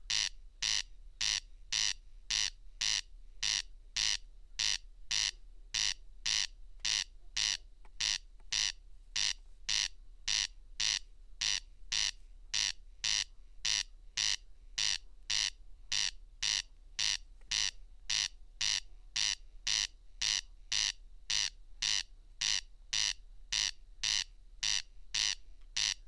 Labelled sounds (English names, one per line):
Corn Crake song